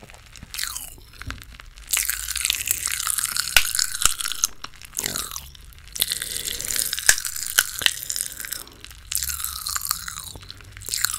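Squishy, wet mouth sounds of someone eating candy, with bursts of sticky chewing and sharp smacks separated by brief quiet gaps.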